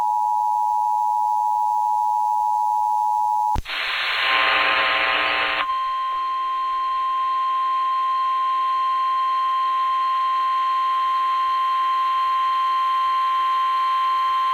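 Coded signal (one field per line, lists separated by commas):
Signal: Emergency Alert System (SAME) tones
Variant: 853 and 960 Hz attention tone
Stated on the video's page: Severe Thunderstorm Warning SAME tones on AM broadcast station KFBK-AM for Butte, Tehama and Plumas counties, California.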